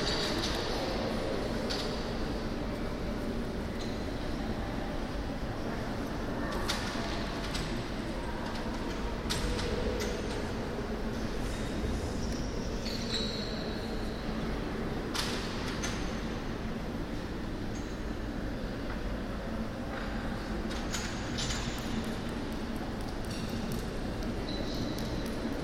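A large museum hall fills with a dense, steady wash of reverberant crowd noise from a restaurant inside it, voices blurring into a constant roar. Sharp clinks and clatters of dishes and cutlery ring out every few seconds, echoing through the space.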